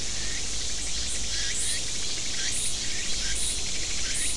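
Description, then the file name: Insect call of repeated short buzzy chirps over constant high hiss and low background rumble, with occasional thin high squeaks. "mainly insect"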